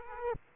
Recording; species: mosquito wingbeat signal from an infrared sensor; Aedes aegypti